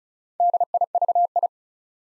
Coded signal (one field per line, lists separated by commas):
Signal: Morse code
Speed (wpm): 36 wpm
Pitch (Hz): 700 Hz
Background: none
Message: DIVI